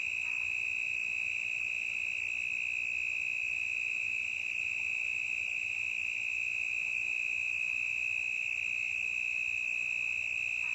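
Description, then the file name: Cricket song, an unbroken shrill steady trill held at constant pitch throughout, with soft background hiss. Intense cricket in the forest, recorded in stereo. "Grilo intenso na mata"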